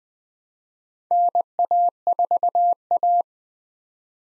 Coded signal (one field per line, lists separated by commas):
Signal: Morse code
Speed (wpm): 20 wpm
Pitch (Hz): 700 Hz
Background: none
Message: NA4A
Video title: 2023 POTA Activator Call Signs - 20wpm